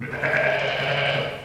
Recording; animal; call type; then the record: contact call of a hoofed animal; sheep; low-frequency (closed-mouth) or high-frequency (open-mouth) call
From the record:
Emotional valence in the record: negative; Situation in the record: short social isolation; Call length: 1.45 s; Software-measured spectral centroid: 1980 Hz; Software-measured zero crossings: 2840 a second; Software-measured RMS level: -24 dBFS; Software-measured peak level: -8 dBFS